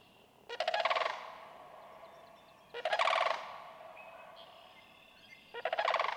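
Sandhill crane rolling bugle calls, three throaty rattles a few seconds apart.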